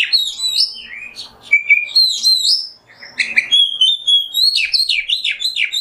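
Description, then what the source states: Oriental magpie-robin singing rapid varied whistles, slurred notes and chattering chirps, pausing briefly before a fresh burst of song. Kacer singing in the 'nembak' song style, on a 'masteran' recording.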